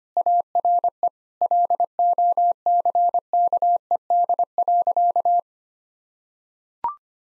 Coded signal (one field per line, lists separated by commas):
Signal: Morse code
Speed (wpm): 25 wpm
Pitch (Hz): 700 Hz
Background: none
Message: ARE LOCKED.